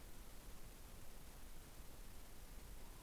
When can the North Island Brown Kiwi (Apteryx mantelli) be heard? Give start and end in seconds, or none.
none